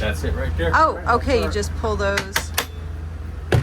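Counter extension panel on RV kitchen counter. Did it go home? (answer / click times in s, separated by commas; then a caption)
released / 3.5 s. Someone talks while pulling the release pins on the clip-in fold-out counter-space extension panel of a Forest River Forester LE 3251 DSF RV's kitchen counter. One sharp hit sounds at 3.5 s as the extension's latch releases.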